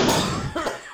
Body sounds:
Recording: coughing mixed with background sound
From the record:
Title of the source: Spring Allergy Coughing

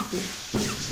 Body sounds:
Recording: coughing mixed with background sound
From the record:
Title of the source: Mid-morning Winter Coughing Fit

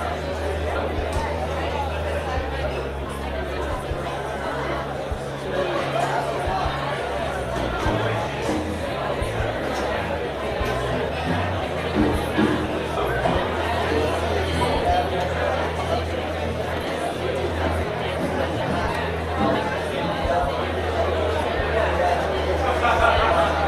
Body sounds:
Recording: background sound without coughing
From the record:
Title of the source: CITY SOUNDS Busy Bar in the Evening Night - 2 HOURS of Ambiance for Relaxation

